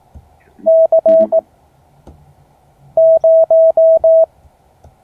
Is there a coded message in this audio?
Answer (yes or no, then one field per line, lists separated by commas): yes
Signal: Morse code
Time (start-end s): 0.7-4.2 s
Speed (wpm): 18 wpm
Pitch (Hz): 650 Hz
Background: none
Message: C0